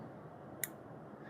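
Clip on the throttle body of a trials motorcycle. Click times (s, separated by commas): 0.6 s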